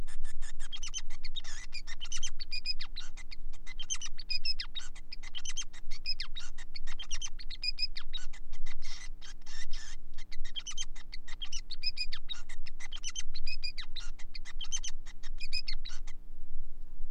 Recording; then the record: song of a male Bengalese finch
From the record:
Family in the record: son of father 5